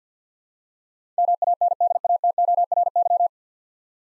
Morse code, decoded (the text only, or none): MANDATORY